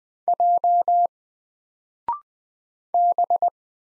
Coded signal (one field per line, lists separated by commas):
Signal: Morse code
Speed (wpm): 20 wpm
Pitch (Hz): 700 Hz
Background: none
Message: J B